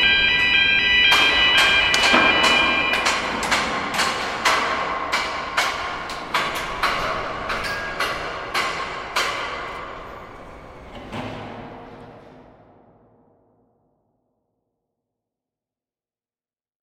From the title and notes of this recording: Field recording of Ancoats construction site for Might and Main residency at The Penthouse, Manchester 2016. Played from Brutalist speaker sculpture.